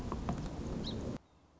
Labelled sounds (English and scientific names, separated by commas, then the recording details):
Song Sparrow (Melospiza melodia)
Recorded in Sonoma County, California